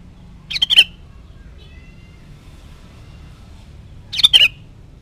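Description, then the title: Sooty-headed bulbul singing a short, bouncy, gurgling phrase, repeated once about three and a half seconds later over faint background noise. "Kutilang"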